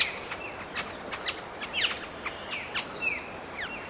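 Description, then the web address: Figbird calls: quick chirps and short slurred whistles, with steady hiss behind. "Sound Effects-Foundation 1 BIRD FIG BIRD CALL"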